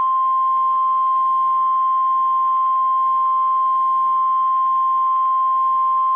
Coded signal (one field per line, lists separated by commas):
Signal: Emergency Alert System (SAME) tones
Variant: 1050 Hz attention tone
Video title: NOAA Weather Radio ***REQUIRED WEEKLY TEST*** WXM49 10/1922 [EAS #2]